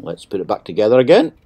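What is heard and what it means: A man talks while a Parker IM Premium Warm Silver ballpoint pen is being put back together, with its ink refill about to go into the metal barrel. Only his voice is heard, and nothing has seated or clicked yet.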